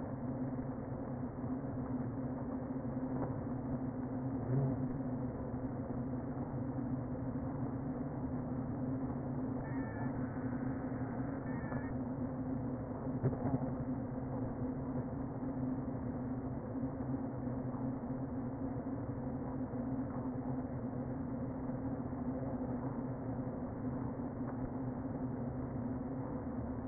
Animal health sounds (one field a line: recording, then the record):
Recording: honeybee colony, microphone inside the hive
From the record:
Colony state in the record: queen present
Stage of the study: before two queens were removed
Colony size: about 60,000 bees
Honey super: yes